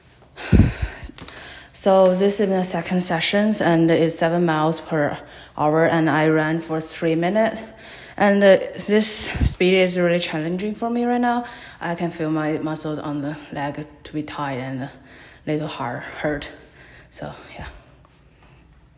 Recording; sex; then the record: free speech after running; female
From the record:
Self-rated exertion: moderate exertion (3 of 6); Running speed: 7 miles an hour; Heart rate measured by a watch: 120 beats a minute at the start, 118 at the end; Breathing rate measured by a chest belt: 16 breaths a minute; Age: 23 years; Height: 163 cm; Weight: 70 kg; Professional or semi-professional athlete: no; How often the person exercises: 1 to 2 times a week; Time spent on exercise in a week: 1 to 2 hours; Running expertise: no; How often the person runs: 1 to 2 times a week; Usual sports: running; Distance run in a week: 7 km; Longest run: 7 km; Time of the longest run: 50 minutes